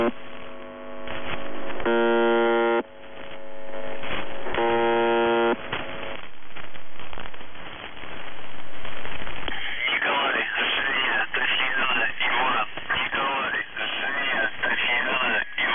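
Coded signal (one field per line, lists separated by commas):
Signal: numbers station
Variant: UVB-76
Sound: low hum, two harsh one-second buzzes, then distorted voice-like warbling over static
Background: radio static, mains hum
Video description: [UVB-76, The Buzzer] Voice Message; 19. August 2021, 12:34 UTC / Callsign: NZhTI (НЖТИ) Message text: 63 495 TAKTOSIG (ТАКТОСИГ) 16 73 14 77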